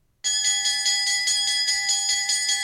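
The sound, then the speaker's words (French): A school bell rings continuously, a loud, shrill electric clatter that starts abruptly and holds steady with a fast metallic trill, with no voices over it. “La cloche a sonné”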